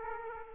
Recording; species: mosquito wingbeat signal from an infrared sensor; Aedes aegypti